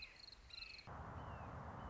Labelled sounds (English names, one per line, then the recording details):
Red-shouldered Hawk
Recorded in Sonoma County, California